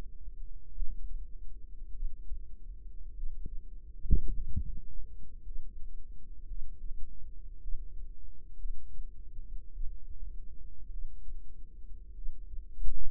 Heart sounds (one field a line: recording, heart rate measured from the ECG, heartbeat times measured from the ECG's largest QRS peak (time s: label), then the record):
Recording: heart sounds by microphone in the right ear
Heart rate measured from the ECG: 53 bpm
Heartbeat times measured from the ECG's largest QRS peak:
0.73 s: heartbeat
1.93 s: heartbeat
3.14 s: heartbeat
4.33 s: heartbeat
5.44 s: heartbeat
6.48 s: heartbeat
7.61 s: heartbeat
8.58 s: heartbeat
9.72 s: heartbeat
10.90 s: heartbeat
12.15 s: heartbeat
From the record:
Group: healthy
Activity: rest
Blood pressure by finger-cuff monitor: 109/65 mmHg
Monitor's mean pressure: 80 mmHg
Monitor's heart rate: 51 bpm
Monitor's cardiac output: 5.1 L/min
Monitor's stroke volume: 96 mL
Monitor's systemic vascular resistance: 1120 dyn s/cm5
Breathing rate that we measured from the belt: 22 breaths a minute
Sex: female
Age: 28 years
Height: 170 cm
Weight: 77 kg